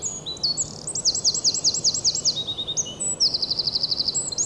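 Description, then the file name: Eurasian wren song, loud and very high, with fast repeated downslurred notes followed by a dry rattling trill, all delivered at breakneck pace. "Troglodytes troglodytes"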